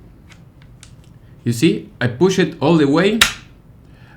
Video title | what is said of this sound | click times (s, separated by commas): ProMag GLK-A20 Magazine for Glock 44: Fit and Function | I didn't hear the click. | none